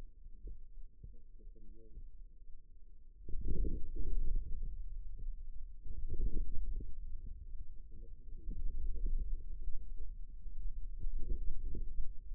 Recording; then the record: forearm muscle sounds (acoustic myography)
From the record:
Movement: wrist flexion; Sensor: system 2, bracelet of six BSWA MPA416 microphones around the upper forearm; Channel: 2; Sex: male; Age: 22 years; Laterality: right